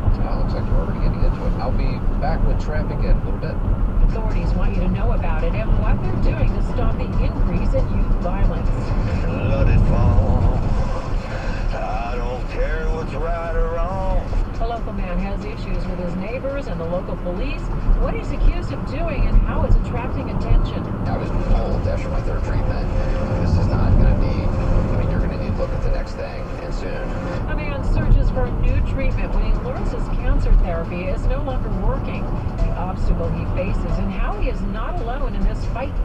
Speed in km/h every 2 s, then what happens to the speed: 64, 64, 64, 64, 64, 64, 64, 64, 64, 66, 69, 69, 69, 68, 64, 66, 64, 64.
0-25 steady at about 64.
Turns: none.